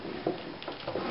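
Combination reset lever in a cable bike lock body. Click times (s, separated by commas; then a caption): 0.6 s. The red reset lever of a cable bike lock's combination mechanism, in the Bell lock body, is pressed down and over. It pops over at 0.6 s with a short, sharp click, which frees the dials so a new combination can be set. A softer knock is heard around 0.3 s, and there is no talk.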